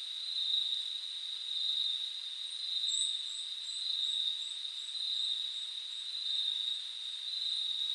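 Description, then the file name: Crickets give an unbroken high trill, with a series of even higher, faint chirps partway through. Crickets at night. "noche grillos"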